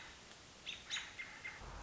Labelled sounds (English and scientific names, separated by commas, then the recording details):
American Robin (Turdus migratorius)
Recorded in Sonoma County, California